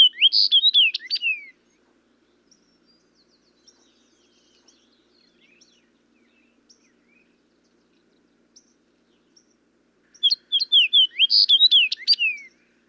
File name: Fox Sparrow